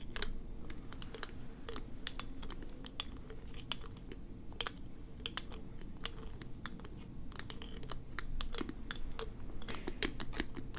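Quick, sharp scratching and plucking clicks come irregularly over a steady low rustle, with brighter ticks recurring every second or so.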